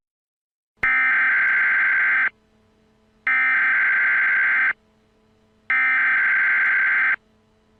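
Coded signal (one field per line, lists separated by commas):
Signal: Emergency Alert System (SAME) tones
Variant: header bursts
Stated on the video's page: Fictional EAS scenario with valid EAS tones.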